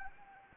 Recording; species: mosquito wingbeat signal from an infrared sensor; Anopheles gambiae